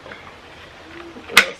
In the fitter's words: pin click she's in and